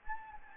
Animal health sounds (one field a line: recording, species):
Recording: mosquito wingbeat signal from an infrared sensor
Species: Anopheles gambiae